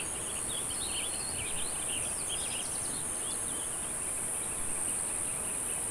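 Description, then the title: Cicadas keep up a continuous shrill hiss throughout, while birds chirp and twitter in quick bursts over a steady low background rumble. "neoscenes: cicadas"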